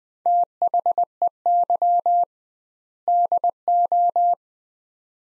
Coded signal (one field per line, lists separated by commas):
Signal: Morse code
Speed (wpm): 20 wpm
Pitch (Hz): 700 Hz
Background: none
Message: THEY DO